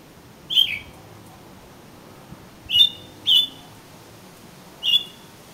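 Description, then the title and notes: Oriental magpie-robin giving a few clear, level whistled notes at irregular intervals over quiet background. "suara kacer. kumpulan suara burung kacer"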